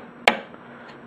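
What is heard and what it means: The other plastic clip of a second ARX expansion board is pressed down into a Fantom G synthesizer's expansion slot until it snaps at 0.3 s. A single sharp, bright click rings out over a low steady hum and fades quickly. The board is seated.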